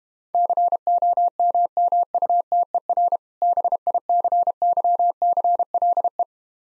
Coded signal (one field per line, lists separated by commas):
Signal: Morse code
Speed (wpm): 32 wpm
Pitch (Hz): 700 Hz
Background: none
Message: COMMUTER BICYCLE